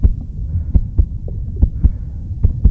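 Heartbeat of an adult bus driver after being verbally abused, insulted and threatened: low, thudding paired beats repeating steadily.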